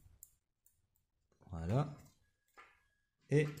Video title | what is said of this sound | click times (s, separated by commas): Camera de surveillance Ctronics 690C Version 4G | on entend aussi un petit clicti | 0.2 s